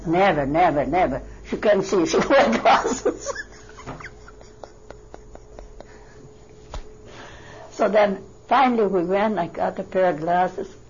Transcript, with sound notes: Never, never, never. She can't see. She wears glasses." ( she laughs ) So then finally we went and I got a pair of glasses.